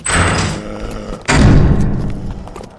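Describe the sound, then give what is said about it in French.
A door at the foot of a clock tower is slammed shut twice in quick succession, each a heavy, booming thud with a low rumbling decay. The second bang is louder and rings out longer. No voices are heard. “Au pied de la tour de l'horloge, une autre porte. On monte. Tu ouvres, je ferme, vite.”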